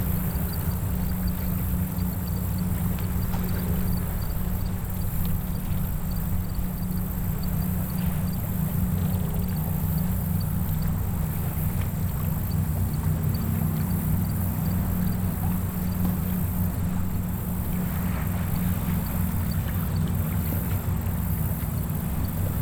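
A day out on a lake, heard as a steady low engine drone with a constant hum and a faint high whine above it. The level holds even for the whole stretch, with soft splashing and rattling textures mixed into the rumble throughout.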